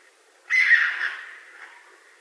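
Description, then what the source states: Raccoon uttering a single raspy screech that starts abruptly, holds briefly, then fades away over about a second. Recorded 20 March 2012.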